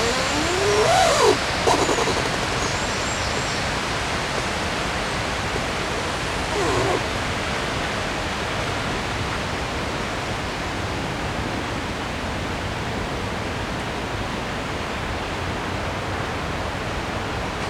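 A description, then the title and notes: Along the river in Odense, a steady rushing wash runs throughout, with brief chirp-like calls near the start and a soft sweep around seven seconds. Sounds along the river in Odense, Denmark.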